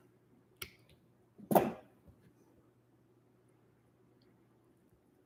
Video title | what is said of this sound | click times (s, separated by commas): 🔴LIVE🔴Build Together: Yamaha TF Rack In-Ear System - ENDED | Oh, that one went in perfect. I felt it kind of slide and snap into place, so | 1.5 s